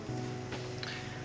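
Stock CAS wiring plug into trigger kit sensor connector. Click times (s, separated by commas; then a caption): 0.8 s. The stock crank angle sensor (CAS) plastic plug is pushed onto the new trigger kit sensor connector on the engine. Over steady background music, a broader noisy burst comes at 0.5 s, then a sharp, fast-fading click at 0.8 s as the plug latches and seats.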